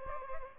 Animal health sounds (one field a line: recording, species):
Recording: mosquito wingbeat signal from an infrared sensor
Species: Aedes albopictus